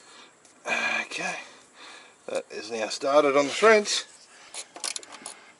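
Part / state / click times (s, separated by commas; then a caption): plastic oil filter housing cap onto engine filter housing / not seated / none. A plastic oil filter housing cap on a Ford Ranger is being screwed onto the engine's filter housing threads while someone talks, followed by a few short sharp taps and scrapes near the end. The cap is not square and has cross-threaded, so nothing has seated or clicked yet.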